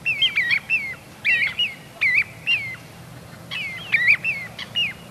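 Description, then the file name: Little ringed plover giving clear, downslurred whistles in short bursts of two or three, with a quiet pause midway before the notes resume. "Corriere Piccolo"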